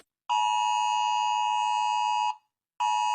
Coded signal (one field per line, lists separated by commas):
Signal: Emergency Alert System (SAME) tones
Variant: 853 and 960 Hz attention tone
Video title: When eas alarms